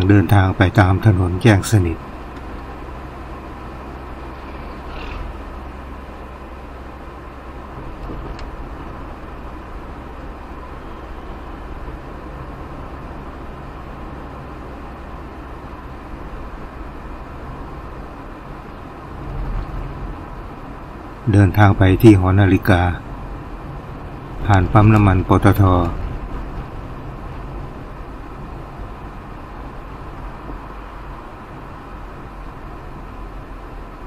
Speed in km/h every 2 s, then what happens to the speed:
41, 43, 44, 45, 45, 46, 46, 45, 45, 45, 44, 42, 40, 40, 38, 37, 34.
0-18 steady at about 45. 18-34 slows to 34.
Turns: none.